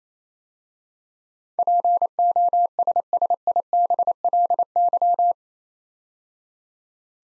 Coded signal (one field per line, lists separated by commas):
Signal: Morse code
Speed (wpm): 29 wpm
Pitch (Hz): 700 Hz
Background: none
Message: POSSIBLY